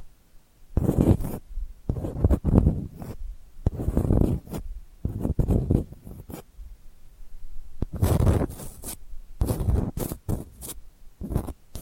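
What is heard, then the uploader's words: Delicate scratching comes in short bursts about every second, with brief sharp scrapes and quiet gaps between them, a soft low rustle underneath. ASMR Delicate Scratching for Sleep (No Talking).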